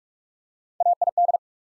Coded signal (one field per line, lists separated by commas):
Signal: Morse code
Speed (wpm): 44 wpm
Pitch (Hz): 700 Hz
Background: none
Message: AID